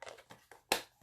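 The plastic lid of a stamp ink pad is pressed closed onto its case, making a few soft handling taps before one sharp, bright snap at 0.7 s. The lid is seated and fully shut, with the click confirming the pad is completely closed.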